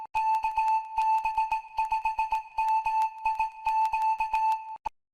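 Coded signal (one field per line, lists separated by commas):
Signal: Morse code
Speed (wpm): 18 wpm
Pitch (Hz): 880 Hz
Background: music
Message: KB5MIQ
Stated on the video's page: Morse heard while operating a vintage Yaesu FT-101EE transceiver.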